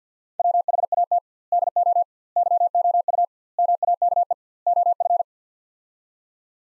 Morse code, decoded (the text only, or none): WHAT DO YOU MAKE OF